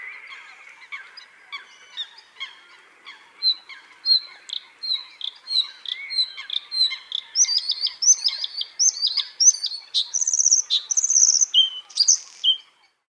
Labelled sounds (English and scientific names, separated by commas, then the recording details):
Bluethroat (Luscinia svecica)
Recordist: Frommolt, Karl-Heinz
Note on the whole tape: Gesang